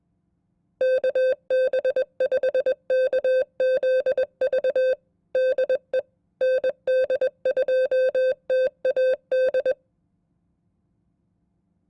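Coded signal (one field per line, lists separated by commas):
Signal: Morse code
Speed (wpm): 21 wpm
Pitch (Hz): 520 Hz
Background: none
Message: KB5KZV DE ND2TAD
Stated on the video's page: Morse code test at 20 WPM, representative of an FCC examiner's code test.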